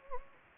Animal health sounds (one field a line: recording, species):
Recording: mosquito wingbeat signal from an infrared sensor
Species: Anopheles gambiae